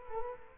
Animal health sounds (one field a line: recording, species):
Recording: mosquito wingbeat signal from an infrared sensor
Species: Culex quinquefasciatus